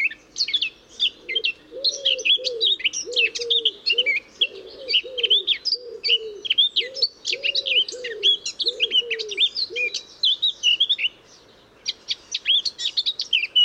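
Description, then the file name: Eurasian blackcap singing a rapid, unbroken warble of squeaky and fluted notes, briefly pausing near the end, while a low hollow cooing repeats underneath. "Sylvia atricapilla"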